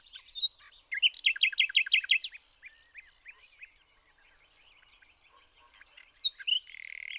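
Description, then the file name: Common nightingale song: a quick run of loud, evenly repeated notes, then softer scattered notes and a final drawn-out whistle. "Luscinia megarhynchos"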